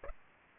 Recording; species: mosquito wingbeat signal from an infrared sensor; Aedes aegypti